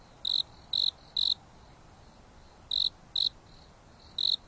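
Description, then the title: Insect chirps, loud and high, in short groups and singly at irregular intervals, with fainter chirps and hiss in the background. Insects singing at night on a mountain top under a starry sky, with a gentle breeze blowing. "There is a gentle breeze blowing on the top of the mountain under the starry sky, and the insects are singing leisurely."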